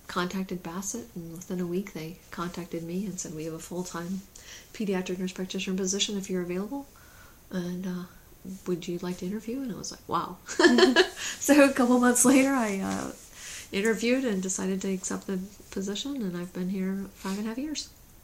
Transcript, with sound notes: contacted Bassett, and within a week they contacted me and said, “We have a full time Pediatric Nurse Practitioner position if you're available, would you like to interview?” And I was like “Wow.” [laughs] So a couple months later, I interviewed and decided to accept the position and I've been here five and a half years.